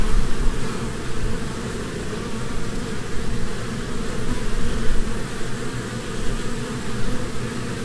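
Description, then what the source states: Honey bees humming as a swarm, a dense steady low drone with fluctuating loudness throughout, no other sounds clear. Humming of a swarm from a beehive.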